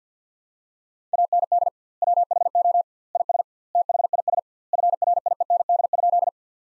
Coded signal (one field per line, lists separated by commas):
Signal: Morse code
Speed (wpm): 50 wpm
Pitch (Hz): 700 Hz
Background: none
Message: AND WHO IS THIS FRIEND?